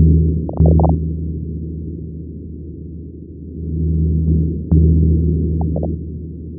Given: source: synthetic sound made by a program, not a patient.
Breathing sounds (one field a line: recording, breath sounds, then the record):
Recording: synthetic breath sounds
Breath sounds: crackles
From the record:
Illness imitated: interstitial lung disease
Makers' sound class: crackles